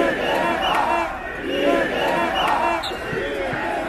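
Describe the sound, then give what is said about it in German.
A crowd of Stuttgart 21 protesters shouts together in loud, rising and falling waves of voices, a sustained chorus of yelling that swells and dips without pause across the whole stretch. “Deren Argumentation kommentieren die Demonstranten regelmäßig auf ihre Weise.”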